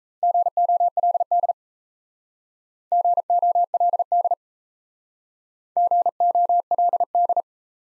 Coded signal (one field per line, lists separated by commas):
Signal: Morse code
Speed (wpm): 38 wpm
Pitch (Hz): 700 Hz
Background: none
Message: GOLD GOLD GOLD